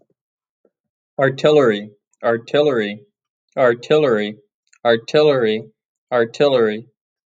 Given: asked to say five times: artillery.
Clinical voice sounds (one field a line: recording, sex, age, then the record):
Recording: repeated word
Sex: male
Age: 20 to 29 years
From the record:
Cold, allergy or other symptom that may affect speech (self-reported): no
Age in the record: 23 years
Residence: Florida, United States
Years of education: 16